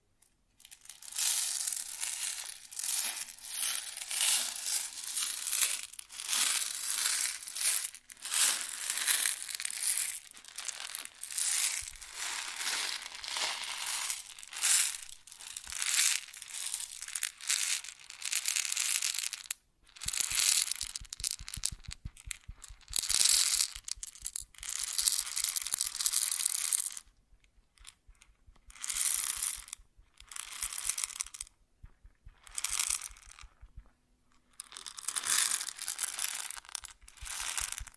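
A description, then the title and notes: Grain sounds: a dense, bright rustling and crunching of dry grains being handled, coming in bursts separated by short pauses. The first half is nearly continuous, while after about twenty seconds the pouring and scraping breaks into shorter, more clearly separated strokes. ASMR Grain Sounds (No Talking).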